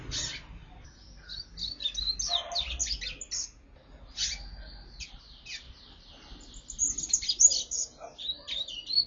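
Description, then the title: Double-collared seedeater song: long sequences of quick, scratchy high notes and trills, pausing briefly, then resuming at a fast, uneven pace. "Canto Coleiro"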